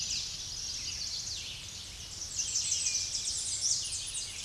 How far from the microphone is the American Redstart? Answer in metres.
about 35 m